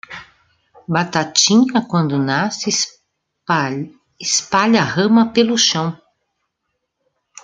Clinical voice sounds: short text; Brazilian Portuguese; female; 50 to 59 years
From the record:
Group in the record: control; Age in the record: 57 years

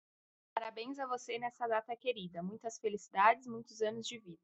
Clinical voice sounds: short text; Brazilian Portuguese; female; 20 to 29 years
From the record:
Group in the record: control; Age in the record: 23 years

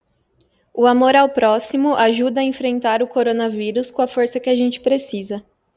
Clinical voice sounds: spoken sentence; Brazilian Portuguese; female; 20 to 29 years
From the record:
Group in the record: control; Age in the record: 24 years

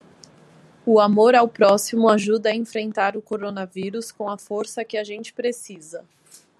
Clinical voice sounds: spoken sentence; Brazilian Portuguese; female; 30 to 39 years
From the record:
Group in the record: control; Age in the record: 31 years

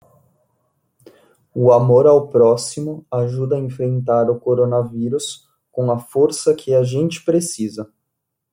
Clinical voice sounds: spoken sentence; Brazilian Portuguese; male; 20 to 29 years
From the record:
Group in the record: control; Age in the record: 24 years

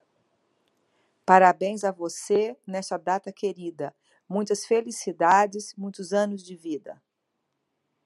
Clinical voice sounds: short text; Brazilian Portuguese; female; 50 to 59 years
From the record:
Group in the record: control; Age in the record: 52 years

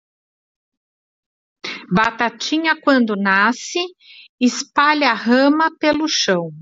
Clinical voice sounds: short text; Brazilian Portuguese; female; 40 to 49 years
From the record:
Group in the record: control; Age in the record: 48 years

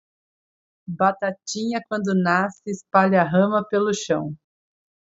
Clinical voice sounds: short text; Brazilian Portuguese; female; 30 to 39 years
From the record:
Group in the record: control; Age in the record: 30 years

